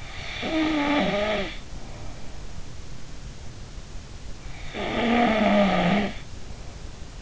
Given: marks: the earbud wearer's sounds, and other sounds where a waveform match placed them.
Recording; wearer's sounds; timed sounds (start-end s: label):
sounds in sleep by an in-ear microphone; snoring breath
0.33-2.52 s: snoring breath
4.71-7.22 s: snoring breath